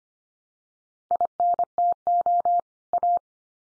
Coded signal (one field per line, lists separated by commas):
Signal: Morse code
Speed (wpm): 25 wpm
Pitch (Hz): 700 Hz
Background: none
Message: INTO A